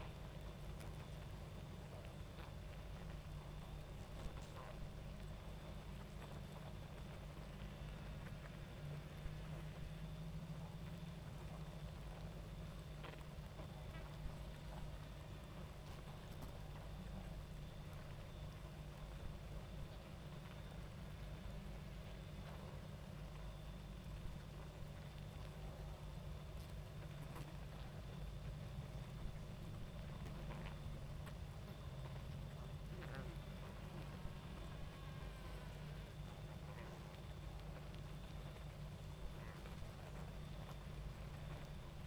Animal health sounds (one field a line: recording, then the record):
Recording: honeybee colony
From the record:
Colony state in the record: active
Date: 28 July 2017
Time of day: 22:24